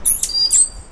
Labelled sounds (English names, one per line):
Stitchbird song